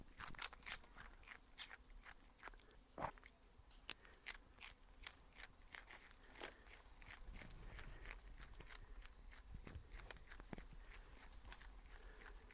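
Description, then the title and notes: Indri munching a leaf, with soft irregular crunches and clicks of chewing over a quiet forest background hiss. Indri, called Babakoto, deep in Andasibe forest, Madagascar, eating a Cryptocarya leaf taken from biologist Joseph's hand; a large cobalt and nickel mine is being built within earshot. "Andasibe forest in Madagascar this is the sound of a Babakoto (Indry Indry) lemur munching on a chriptocariae leaf, deep in the forest. biologist Joseph"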